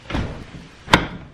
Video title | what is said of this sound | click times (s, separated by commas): **DETAILED** Trailer Hub & Bearing installation // Timbren 3500 | then you kind of get that positive click that you know | 0.9 s